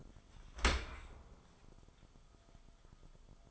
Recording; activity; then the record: daily activity, microphone in the room; open dishwasher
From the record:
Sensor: 5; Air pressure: 1004.8 hPa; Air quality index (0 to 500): 94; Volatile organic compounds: 2 ppm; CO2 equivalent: 1143 ppm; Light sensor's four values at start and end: 33/77/31/31 and 33/76/31/30